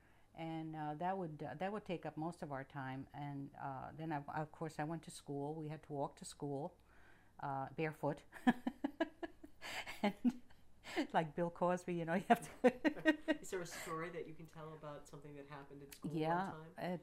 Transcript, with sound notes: And, uh, that would, that would take up most of our time, and then, of course, I went to school. We had to walk to school barefoot. (she laughs) Like Bill Cosby you know. (she laughs)
Is there a story that you can tell about something that happened at school one time?